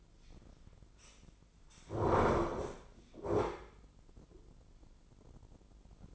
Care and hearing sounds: daily activity, microphone in the room; sit down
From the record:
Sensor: 5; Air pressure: 996.1 hPa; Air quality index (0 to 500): 245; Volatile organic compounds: 476 ppm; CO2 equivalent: 4786 ppm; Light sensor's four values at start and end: 167/399/169/185 and 167/398/169/184

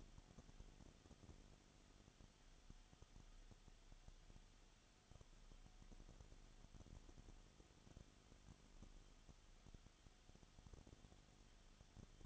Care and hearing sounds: daily activity, microphone in the room; no activity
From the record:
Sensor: 4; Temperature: 22.7 degrees Celsius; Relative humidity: 31.7%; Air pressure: 995.4 hPa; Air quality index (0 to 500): 158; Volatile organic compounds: 2 ppm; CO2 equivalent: 1252 ppm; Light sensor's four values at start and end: 2/3/1/1 and 2/3/1/1

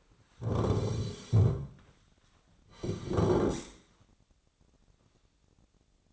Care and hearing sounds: daily activity, microphone in the room; sit down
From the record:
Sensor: 3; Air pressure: 1009.2 hPa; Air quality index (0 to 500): 182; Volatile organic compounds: 3 ppm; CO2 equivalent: 1474 ppm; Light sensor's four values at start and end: 32/83/37/37 and 44/114/50/50

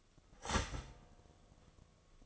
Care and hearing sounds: daily activity, microphone in the room; start toaster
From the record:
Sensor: 4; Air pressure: 1015.5 hPa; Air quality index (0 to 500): 196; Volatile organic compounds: 9 ppm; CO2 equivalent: 2184 ppm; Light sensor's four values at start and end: 4/9/3/3 and 4/9/3/3

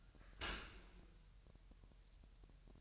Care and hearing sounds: daily activity, microphone in the room; open dishwasher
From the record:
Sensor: 2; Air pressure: 1000.5 hPa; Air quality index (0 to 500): 246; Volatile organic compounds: 92 ppm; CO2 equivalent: 3702 ppm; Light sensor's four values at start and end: 9/22/9/9 and 9/22/9/9

